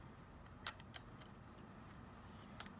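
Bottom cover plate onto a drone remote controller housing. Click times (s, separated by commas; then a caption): 0.7 s, 1.0 s. The plastic bottom plate of a Mavic Air drone remote controller is refitted onto the controller housing after the antenna mod and pressed on until it clips in. Sharp plastic snaps are heard at 0.7 s and 1.0 s, with two more faint clicks around 2.6 s over a low steady background hum. The bottom plate is seated and snapped into place.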